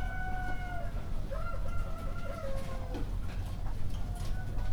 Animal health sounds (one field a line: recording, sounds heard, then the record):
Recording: poultry house recording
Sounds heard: healthy chickens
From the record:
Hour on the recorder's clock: 1